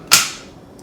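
A Nomad Defense Glock 19 pistol is pushed into a Blackhawk Serpa polymer retention holster, giving one sharp, bright click at 0.1 s that fades quickly, followed by a faint tick near 0.8 s. The pistol walks into place and locks into the holster with no issues.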